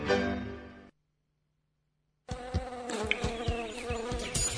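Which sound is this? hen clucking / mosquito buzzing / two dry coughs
mosquito buzzing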